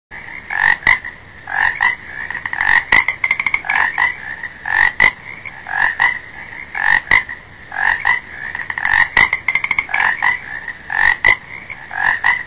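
Frog croaking, rapid raspy pulsed croaks repeated in quick succession, with a steady high hiss in the background.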